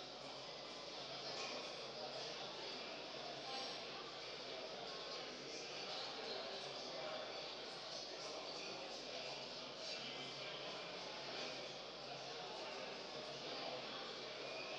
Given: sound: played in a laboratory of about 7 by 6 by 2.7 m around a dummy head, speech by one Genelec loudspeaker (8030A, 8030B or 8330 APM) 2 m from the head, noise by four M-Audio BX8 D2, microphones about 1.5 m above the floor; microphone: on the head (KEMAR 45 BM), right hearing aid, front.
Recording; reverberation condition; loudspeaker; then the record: cafeteria noise; high; four, about 170 cm from the corners of the room and facing them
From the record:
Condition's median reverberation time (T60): about 1300 ms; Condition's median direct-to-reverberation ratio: about -4.0 dB